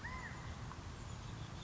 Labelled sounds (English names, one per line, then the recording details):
California Quail
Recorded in Sonoma County, California